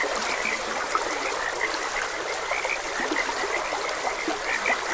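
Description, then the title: Frogs croak continuously in a busy, overlapping chorus of short notes, over a bright, even wash of trickling water. Frogs croaking beside a gentle stream. "Gentle Stream and Frogs Croaking"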